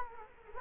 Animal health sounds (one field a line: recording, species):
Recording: mosquito wingbeat signal from an infrared sensor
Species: Culex quinquefasciatus